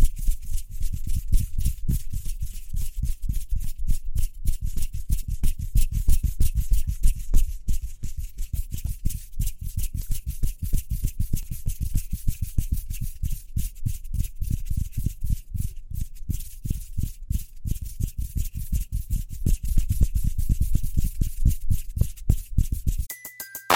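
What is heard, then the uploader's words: Speedy hand sounds: a fast, steady stream of rubbing and patting strokes, many per second, with a heavy low thump under a hissy, scratchy top. The rhythm stays dense and busy throughout, ending abruptly just before the close with a brief faint tone. ASMR Speedy Hand Sounds (No Talking).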